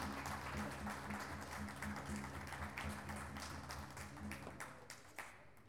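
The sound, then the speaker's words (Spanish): Audience applause for the director of Fine Arts and her staff at the Museo de Bellas Artes in Salta, during the first Encuentro Pluricultural Pueblo de las Lenguas Vivas: a dense steady patter of many hands clapping that holds for several seconds, then thins into a few scattered claps as it dies away, over a low steady hum. “ya está la señora directora de Bellas Artes, por favor, fuerte los aplausos a toda su gente.”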